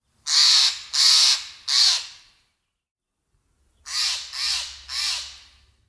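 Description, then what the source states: Jay giving harsh, rasping screeches, three in quick succession, a pause of about a second and a half, then three more slightly softer ones. Recorded in coniferous forest.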